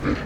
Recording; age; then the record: pig call; growing-finishing pig (85 days or more)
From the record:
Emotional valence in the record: positive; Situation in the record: run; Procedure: transit